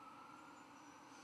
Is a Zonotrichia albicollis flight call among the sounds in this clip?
no